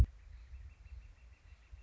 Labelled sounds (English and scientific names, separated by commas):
Northern Flicker (Colaptes auratus)